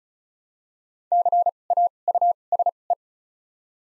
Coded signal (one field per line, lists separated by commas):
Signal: Morse code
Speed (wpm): 34 wpm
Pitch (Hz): 700 Hz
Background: none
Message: C A U S E